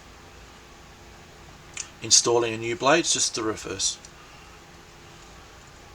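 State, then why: Not seated. A new surgical blade is lined up on a scalpel handle, ready to be dragged down and snapped home. A brief faint tick at 1.8 s comes just before someone talks over a quiet steady hiss. The blade has not snapped onto the handle yet.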